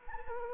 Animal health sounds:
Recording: mosquito wingbeat signal from an infrared sensor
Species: Anopheles arabiensis

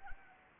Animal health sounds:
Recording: mosquito wingbeat signal from an infrared sensor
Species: Anopheles arabiensis

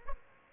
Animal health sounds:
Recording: mosquito wingbeat signal from an infrared sensor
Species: Aedes albopictus

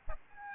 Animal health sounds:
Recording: mosquito wingbeat signal from an infrared sensor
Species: Aedes albopictus

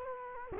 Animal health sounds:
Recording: mosquito wingbeat signal from an infrared sensor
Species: Culex quinquefasciatus

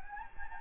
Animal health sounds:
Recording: mosquito wingbeat signal from an infrared sensor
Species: Anopheles gambiae

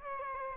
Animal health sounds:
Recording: mosquito wingbeat signal from an infrared sensor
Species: Aedes aegypti

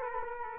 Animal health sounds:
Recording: mosquito wingbeat signal from an infrared sensor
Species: Culex quinquefasciatus

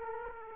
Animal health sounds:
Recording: mosquito wingbeat signal from an infrared sensor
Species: Aedes aegypti

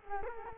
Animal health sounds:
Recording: mosquito wingbeat signal from an infrared sensor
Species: Culex quinquefasciatus

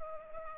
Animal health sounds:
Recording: mosquito wingbeat signal from an infrared sensor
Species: Culex pipiens

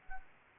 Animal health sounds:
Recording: mosquito wingbeat signal from an infrared sensor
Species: Anopheles arabiensis

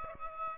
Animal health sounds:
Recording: mosquito wingbeat signal from an infrared sensor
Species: Aedes aegypti

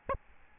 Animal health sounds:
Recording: mosquito wingbeat signal from an infrared sensor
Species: Aedes albopictus

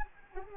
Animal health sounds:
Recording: mosquito wingbeat signal from an infrared sensor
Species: Anopheles arabiensis

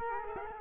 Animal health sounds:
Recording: mosquito wingbeat signal from an infrared sensor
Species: Culex quinquefasciatus

